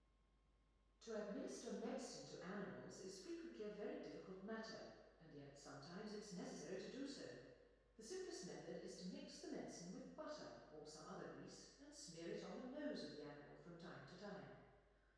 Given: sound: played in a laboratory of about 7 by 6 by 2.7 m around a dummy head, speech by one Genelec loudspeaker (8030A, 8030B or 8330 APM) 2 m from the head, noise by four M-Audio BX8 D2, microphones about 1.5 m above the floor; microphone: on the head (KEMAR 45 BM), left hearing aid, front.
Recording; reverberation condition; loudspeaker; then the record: female speech in English; high; 60 degrees to the right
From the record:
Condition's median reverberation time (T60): about 1300 ms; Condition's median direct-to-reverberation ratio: about -4.0 dB